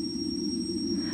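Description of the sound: Two steady high-pitched tones ring continuously over a low, rumbling drone, with no breaks or fading. This is a recreated simulation of tinnitus: the high ringing represents the tinnitus itself, and the low drone stands for the feeling that the ears are full. The sound moves around a little, with delays on its accents.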